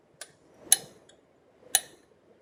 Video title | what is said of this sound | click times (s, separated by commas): Jeep Oil Change - How to Perform Jeep JK Oil Change Step by Step Guide - Nomad Nation Shop Talk | there's your there's your click 18 pounds that's all you want to go don't go any more than that | 0.7 s